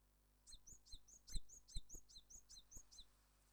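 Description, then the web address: Japanese tit singing a fast run of high, sharp two-note phrases over low background noise. "Parus minor song"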